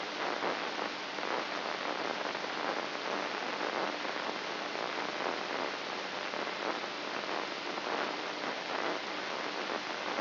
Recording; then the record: brain microelectrode recording played as sound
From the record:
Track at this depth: outside the subthalamic nucleus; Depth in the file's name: 1.738 mm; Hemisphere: left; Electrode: 3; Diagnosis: Parkinson's disease